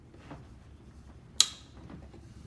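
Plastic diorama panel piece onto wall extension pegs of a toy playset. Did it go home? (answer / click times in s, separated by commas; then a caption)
yes / 1.4 s. A plastic diorama panel piece, curved end toward the top, is pressed onto the four extension pegs on the wall of a Vintage Collection Tantive IV Corridor toy playset. A single sharp, bright click at 1.4 s rises out of a quiet, low background hum and decays quickly. The piece snaps on and is placed properly.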